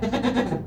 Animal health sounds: contact call of a hoofed animal; goat; low-frequency (closed-mouth) or high-frequency (open-mouth) call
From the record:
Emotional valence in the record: positive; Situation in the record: food anticipation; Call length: 0.66 s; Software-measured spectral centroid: 1630 Hz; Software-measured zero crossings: 1020 a second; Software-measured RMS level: -24 dBFS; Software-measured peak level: -9 dBFS

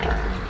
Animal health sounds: contact call of a hoofed animal; wild boar; grunt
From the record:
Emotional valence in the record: positive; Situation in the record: food anticipation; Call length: 0.49 s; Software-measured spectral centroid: 1820 Hz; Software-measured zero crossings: 1260 a second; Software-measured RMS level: -24 dBFS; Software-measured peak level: -9 dBFS

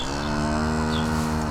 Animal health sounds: contact call of a hoofed animal; cattle; low-frequency (closed-mouth) or high-frequency (open-mouth) call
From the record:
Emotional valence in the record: negative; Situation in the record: physical separation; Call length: 1.50 s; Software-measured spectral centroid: 2660 Hz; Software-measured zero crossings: 2030 a second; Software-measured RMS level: -24 dBFS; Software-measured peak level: -12 dBFS

